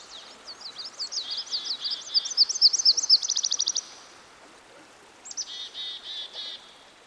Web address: Dan Gibson Songbirds By The Stream. Myrtle Warbler